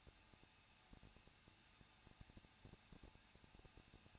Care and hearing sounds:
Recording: daily activity, microphone in the room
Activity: no activity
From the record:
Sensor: 2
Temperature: 21.0 degrees Celsius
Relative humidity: 37.5%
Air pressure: 1006.3 hPa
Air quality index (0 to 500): 224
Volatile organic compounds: 25 ppm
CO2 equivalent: 2840 ppm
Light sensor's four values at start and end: 2/3/2/2 and 2/3/2/2

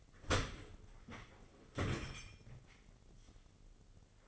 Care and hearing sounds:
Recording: daily activity, microphone in the room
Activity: open dishwasher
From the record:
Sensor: 4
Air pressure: 996.5 hPa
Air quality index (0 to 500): 87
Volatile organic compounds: 4 ppm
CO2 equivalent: 1678 ppm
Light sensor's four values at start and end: 20/54/21/22 and 20/53/20/22

